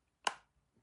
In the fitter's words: Nice little magnet box as well. Hear that click as it goes in.